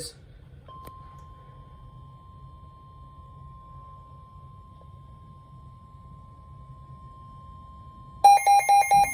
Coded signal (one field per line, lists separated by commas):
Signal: Emergency Alert System (SAME) tones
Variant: 1050 Hz attention tone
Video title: Severe Thunderstorm Warning during a storm! (EAS #30)